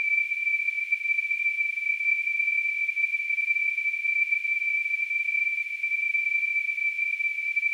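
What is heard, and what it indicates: A steady high-pitched tone near 2.4 kHz with a faint hiss around it, unchanging for the whole clip. It is simulated tinnitus, imitating the constant ringing or whistling a person with tinnitus perceives.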